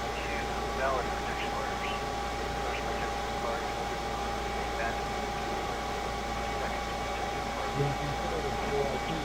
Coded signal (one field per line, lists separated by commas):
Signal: FT8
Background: speech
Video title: ham radio live: 6m ft8